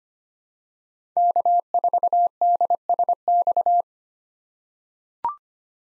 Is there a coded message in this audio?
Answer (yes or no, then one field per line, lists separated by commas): yes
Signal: Morse code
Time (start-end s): 1.2-3.8 s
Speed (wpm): 25 wpm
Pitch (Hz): 700 Hz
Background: none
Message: K4DSX